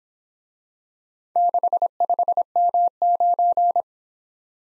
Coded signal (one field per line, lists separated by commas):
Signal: Morse code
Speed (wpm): 29 wpm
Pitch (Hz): 700 Hz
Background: none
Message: 65M9